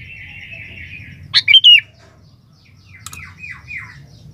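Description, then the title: Sooty-headed bulbul: one quick, rich three-note bubbling phrase, followed by a sharp click and faint falling notes, with a soft hiss early on. "Kutilang"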